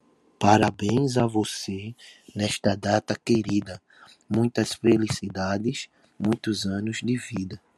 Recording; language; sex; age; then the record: short text; Brazilian Portuguese; male; 20 to 29 years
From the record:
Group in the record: control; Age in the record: 24 years